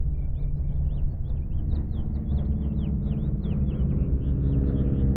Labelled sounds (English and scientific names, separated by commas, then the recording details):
House Finch (Haemorhous mexicanus) song
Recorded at WGilgo Beach on Long Island, New York, on 22 May 1975
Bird D